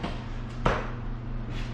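A clip-in fin is pushed back into the fin box of a Flysurfer Trip Split kiteboard after an earlier fin came right out. A single sharp snap at 0.7 s marks the fin clicking in, and it is seated.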